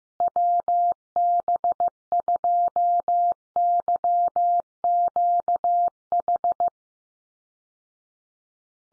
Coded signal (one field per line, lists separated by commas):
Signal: Morse code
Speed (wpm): 15 wpm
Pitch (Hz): 700 Hz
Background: none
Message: WB2YQH